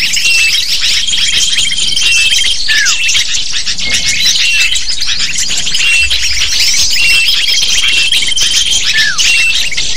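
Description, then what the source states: Lovebirds chattering as a flock, a dense continuous wash of shrill squeaky chirps and twitters, with long steady high whistled tones and a few downward-sliding notes. Lure call (pikat) to attract lovebirds.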